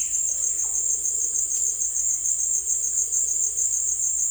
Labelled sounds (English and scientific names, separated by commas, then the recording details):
none
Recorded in dense forest near Puerto Asís, Putumayo, Colombia, on 22 December 2024 at 16:00
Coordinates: 0.482, -76.320
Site G021